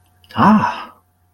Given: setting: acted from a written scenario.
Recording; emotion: vocal sound without words; disappointment